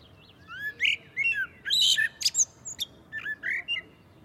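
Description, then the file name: Common blackbird warbling a run of rich fluted whistles mixed with bursts of thin, high-pitched twittering. "Turdus merula"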